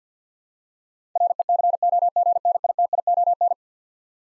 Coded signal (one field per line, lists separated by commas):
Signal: Morse code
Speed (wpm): 50 wpm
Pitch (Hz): 700 Hz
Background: none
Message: RECOGNITION